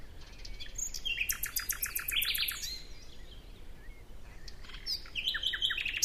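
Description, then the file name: Common nightingale singing a fast stutter of repeated high notes and buzzy trills, a quieter pause, then a fresh burst of chirped phrases. "Luscinia megarhynchos"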